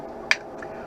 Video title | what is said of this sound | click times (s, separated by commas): Fili's RayBan 4105 Folding Wayfarer with Transitions Graphite Green Lenses | I push down the nose it snaps right in | 0.3 s